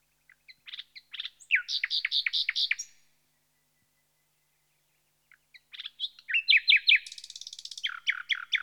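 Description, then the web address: Common nightingale song with two phrases separated by a pause, each building from soft clicks into rapid loud repeated notes and rich chattering trills. "BBC Sound Effects Library. Nightingale"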